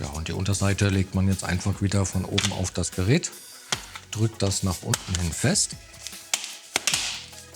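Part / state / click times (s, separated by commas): laptop bottom cover clips into the laptop chassis / seated / 6.3 s, 6.8 s, 6.9 s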